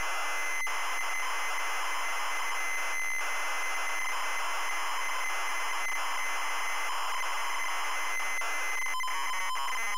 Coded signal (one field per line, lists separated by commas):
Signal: ZX Spectrum tape loading